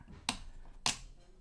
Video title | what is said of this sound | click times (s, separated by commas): Unboxing my SECOND Minisforum MS-01 RAM/NVME Install | and you'll hear the thing click together | 0.3 s, 0.9 s